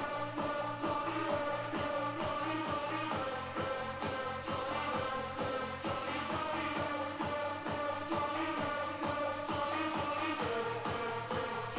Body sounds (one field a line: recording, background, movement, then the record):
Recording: deep breathing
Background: music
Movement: sitting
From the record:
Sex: female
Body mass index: 18.8 kg/m2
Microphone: on the chest, facing outward